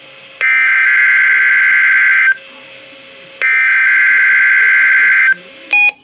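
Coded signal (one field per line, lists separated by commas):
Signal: Emergency Alert System (SAME) tones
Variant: header bursts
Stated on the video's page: Required weekly test received on a Reecom R-1630 weather radio.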